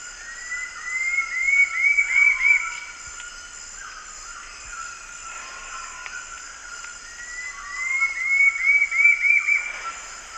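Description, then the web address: Curve-billed scythebill singing twice: each phrase a quick run of bright whistles rising slightly, separated by about five seconds of soft background insects. Recorded in the eastern lowlands of South America. "Natures Songs S America Eastern Lowlands Campylorhamphus procurvoides, song"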